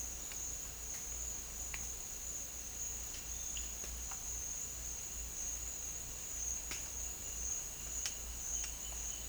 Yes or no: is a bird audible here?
no